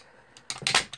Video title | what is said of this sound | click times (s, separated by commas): Winchester Model 12: Reassembly, Tough Spots | there we go here are those wonderful snaps that's what we're looking for | 0.5 s, 0.7 s